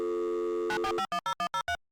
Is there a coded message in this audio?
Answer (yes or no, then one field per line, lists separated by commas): yes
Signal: DTMF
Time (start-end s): 0.7-1.8 s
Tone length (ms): 100 ms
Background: music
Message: 94510103